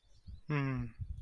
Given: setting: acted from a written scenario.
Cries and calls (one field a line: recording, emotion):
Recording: vocal sound without words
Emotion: romantic love